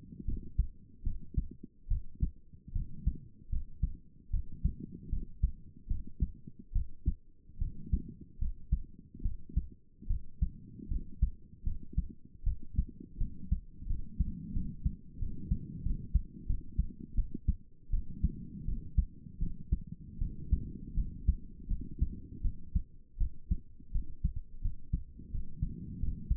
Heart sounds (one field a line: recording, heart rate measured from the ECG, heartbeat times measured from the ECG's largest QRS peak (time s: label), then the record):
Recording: heart sounds by stethoscope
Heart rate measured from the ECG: 79 bpm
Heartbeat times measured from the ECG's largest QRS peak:
0.25 s: heartbeat
1.03 s: heartbeat
1.87 s: heartbeat
2.72 s: heartbeat
3.49 s: heartbeat
4.30 s: heartbeat
5.09 s: heartbeat
5.87 s: heartbeat
6.72 s: heartbeat
7.58 s: heartbeat
8.38 s: heartbeat
9.22 s: heartbeat
10.07 s: heartbeat
10.88 s: heartbeat
11.63 s: heartbeat
12.43 s: heartbeat
13.17 s: heartbeat
13.86 s: heartbeat
14.53 s: heartbeat
15.18 s: heartbeat
15.82 s: heartbeat
16.46 s: heartbeat
17.15 s: heartbeat
17.90 s: heartbeat
18.65 s: heartbeat
19.39 s: heartbeat
20.18 s: heartbeat
20.94 s: heartbeat
21.67 s: heartbeat
22.41 s: heartbeat
23.17 s: heartbeat
23.91 s: heartbeat
24.61 s: heartbeat
25.31 s: heartbeat
25.99 s: heartbeat
From the record:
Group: healthy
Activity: rest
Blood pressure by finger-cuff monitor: 128/71 mmHg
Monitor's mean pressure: 90 mmHg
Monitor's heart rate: 77 bpm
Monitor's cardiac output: 7 L/min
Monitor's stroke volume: 93 mL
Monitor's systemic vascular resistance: 930 dyn s/cm5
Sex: female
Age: 22 years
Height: 154 cm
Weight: 58.7 kg